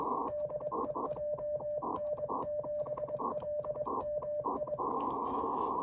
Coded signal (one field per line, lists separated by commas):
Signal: Morse code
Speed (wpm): 22 wpm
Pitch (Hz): 600 Hz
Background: none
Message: DE JN7LMI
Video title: モールス信号で海外交信#09 28MHzがおもしろい!!